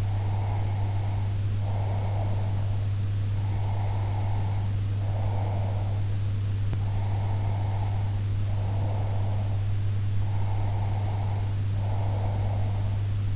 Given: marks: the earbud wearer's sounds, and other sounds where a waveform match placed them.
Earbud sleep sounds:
sounds in sleep by an in-ear microphone; breath
0.02-2.79 s: breath
3.34-6.02 s: breath
6.73-9.68 s: breath
10.25-12.97 s: breath

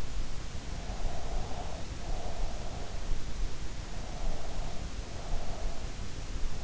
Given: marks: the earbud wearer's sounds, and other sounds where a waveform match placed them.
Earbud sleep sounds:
sounds in sleep by an in-ear microphone; breath
0.83-2.82 s: breath
3.98-5.94 s: breath

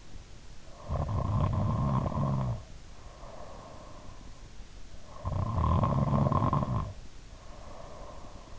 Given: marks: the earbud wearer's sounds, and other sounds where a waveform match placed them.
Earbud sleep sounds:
sounds in sleep by an in-ear microphone; snoring breath
0.75-4.14 s: snoring breath
5.05-8.59 s: snoring breath

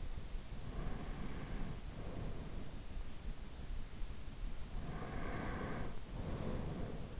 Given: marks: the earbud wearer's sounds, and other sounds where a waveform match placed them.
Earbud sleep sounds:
sounds in sleep by an in-ear microphone; breath
0.59-2.76 s: breath
4.63-7.20 s: breath

